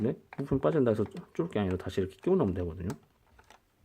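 A plastic part that came off a snap-fit Fujimi 1/24 Suzuki Hustler car model kit is handled to be pressed back into the model's body while someone talks. After the talk ends, two faint ticks at 3.4 s and 3.5 s are heard, but nothing has seated or clicked yet; the part is not yet home.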